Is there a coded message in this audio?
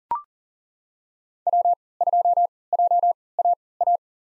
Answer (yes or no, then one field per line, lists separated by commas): yes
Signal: Morse code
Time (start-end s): 1.5-4.0 s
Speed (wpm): 40 wpm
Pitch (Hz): 700 Hz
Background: none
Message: W2JAA